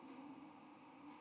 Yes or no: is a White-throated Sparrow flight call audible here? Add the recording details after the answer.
no. No flight call is heard. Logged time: 02:56 on 22 November 2014